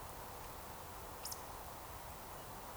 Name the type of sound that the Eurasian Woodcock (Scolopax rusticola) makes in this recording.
whistle